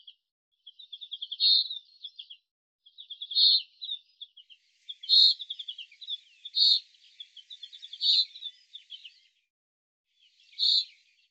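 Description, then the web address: Bird mixing quick trilled runs of ticking notes with louder harsh chips, repeated in several bursts a couple of seconds apart. "Deverinetal 2025 File cleaned normalized Bird Fr Co"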